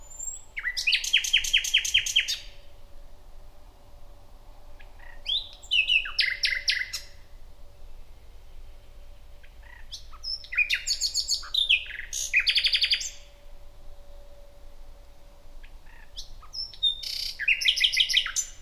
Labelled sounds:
Common Nightingale (Luscinia megarhynchos) song

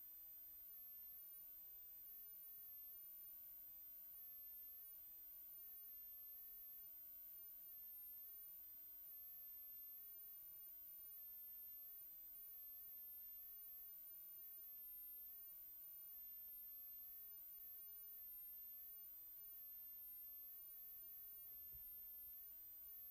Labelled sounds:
Common Nightingale (Luscinia megarhynchos) song

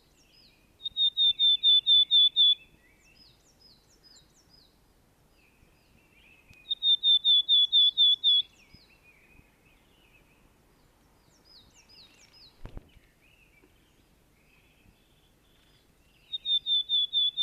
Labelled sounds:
Willow Tit (Poecile montanus) song

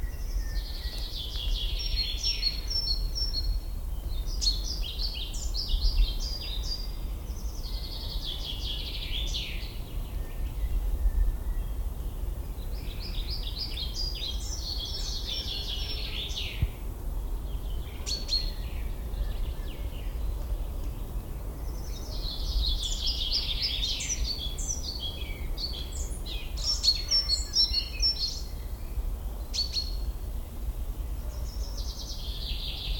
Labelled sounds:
Common Chaffinch (Fringilla coelebs) song

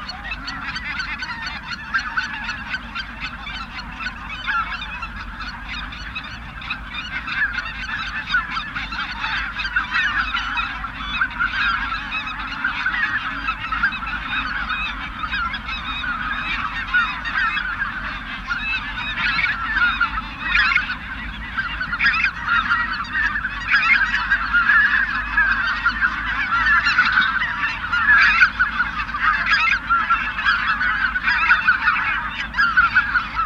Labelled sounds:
Greater White-fronted Goose (Anser albifrons) call

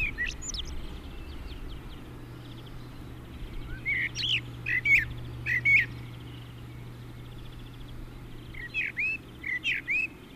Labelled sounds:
Common Blackbird (Turdus merula) song

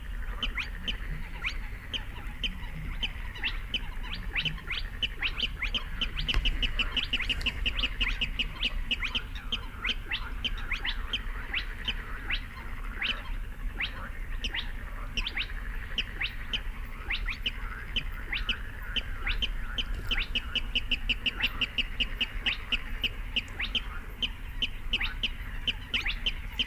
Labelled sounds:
Spotted Crake (Porzana porzana)

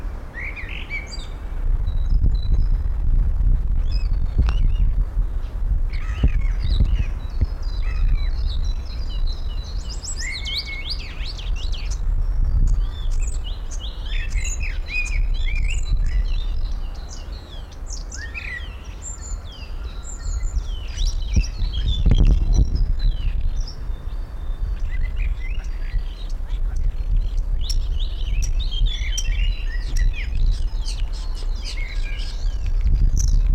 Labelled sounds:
European Starling (Sturnus vulgaris)

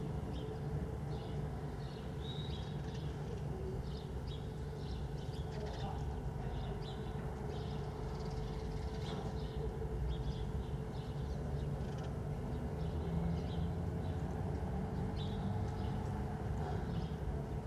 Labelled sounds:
Corsac Fox (Vulpes corsac) barking

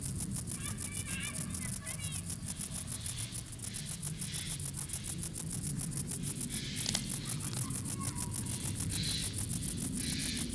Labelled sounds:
Stripe-winged Grasshopper (Stenobothrus lineatus) stridulation

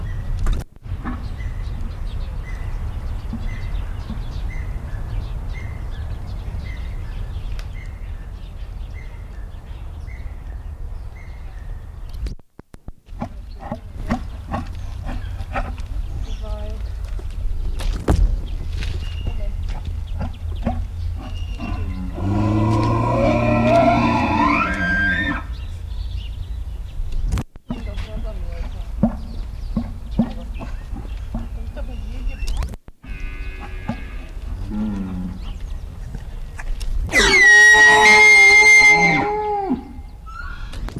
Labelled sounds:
Wapiti (Cervus canadensis) call

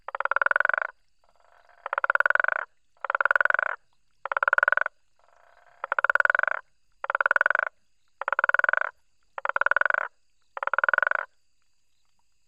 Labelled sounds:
Guttural Toad (Bufo gutturalis) call

